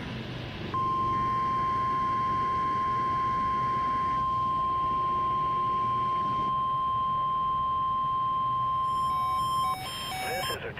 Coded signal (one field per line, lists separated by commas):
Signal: Emergency Alert System (SAME) tones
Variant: 1050 Hz attention tone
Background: speech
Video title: EAS #644-646: Required Weekly Test